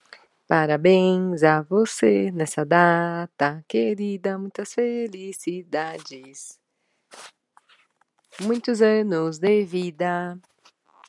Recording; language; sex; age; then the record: short text; Brazilian Portuguese; female; 30 to 39 years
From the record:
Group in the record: control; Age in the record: 39 years